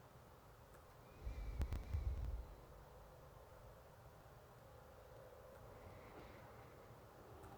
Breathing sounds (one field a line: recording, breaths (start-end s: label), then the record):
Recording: nose breathing near a microphone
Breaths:
0.00-0.64 s: inhalation
0.64-3.45 s: exhalation
5.40-7.33 s: inhalation
7.33-7.58 s: exhalation
From the record:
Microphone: phone